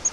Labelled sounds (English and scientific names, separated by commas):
Grace's Warbler (Setophaga graciae) flight call